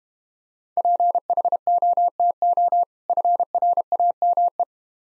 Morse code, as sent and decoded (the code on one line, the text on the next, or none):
.--. .... --- - --- / ..-. .-. .- -- .
PHOTO FRAME